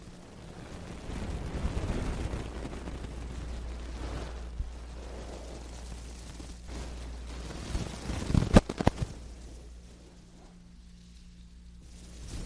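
A wooden ear pick scrapes and brushes in ear cleaning, a soft rustling that swells and fades in waves over the first eight seconds. Around eight to nine seconds a cluster of sharp clicks and pops stands out, then sound drops quiet with a low steady hum underneath.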